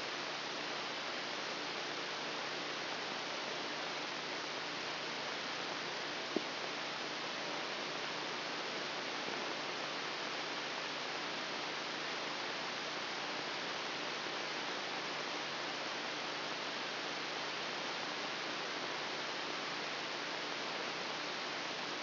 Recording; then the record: brain microelectrode recording played as sound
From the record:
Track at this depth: inside the subthalamic nucleus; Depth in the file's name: 2.111 mm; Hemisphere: left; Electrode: 2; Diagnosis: Parkinson's disease